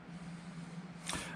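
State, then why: Seated. A plastic wheel is pressed onto the axle hub of an Axial SCX24 Deadbolt 1/24 scale 4WD RC crawler over a steady low hum. A sharp snap at 1.1 s marks the wheel seating on the hub, where it stays firmly in place and doesn't come off easily.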